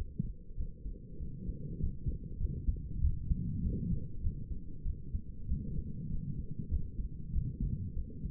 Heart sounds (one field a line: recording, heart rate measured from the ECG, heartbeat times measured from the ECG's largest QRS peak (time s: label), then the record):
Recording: heart sounds by stethoscope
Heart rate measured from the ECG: 97 bpm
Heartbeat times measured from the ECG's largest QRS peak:
0.57 s: heartbeat
1.20 s: heartbeat
1.80 s: heartbeat
2.39 s: heartbeat
3.02 s: heartbeat
3.64 s: heartbeat
4.23 s: heartbeat
4.85 s: heartbeat
5.48 s: heartbeat
6.11 s: heartbeat
6.70 s: heartbeat
7.33 s: heartbeat
7.96 s: heartbeat
From the record:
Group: healthy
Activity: rest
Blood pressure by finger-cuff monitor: 115/72 mmHg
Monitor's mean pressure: 83 mmHg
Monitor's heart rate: 97 bpm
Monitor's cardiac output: 7.7 L/min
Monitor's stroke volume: 78 mL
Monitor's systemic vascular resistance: 770 dyn s/cm5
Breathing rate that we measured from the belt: 27 breaths a minute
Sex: female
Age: 22 years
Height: 163 cm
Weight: 67.1 kg